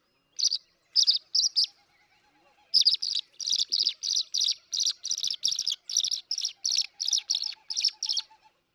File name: tree swallow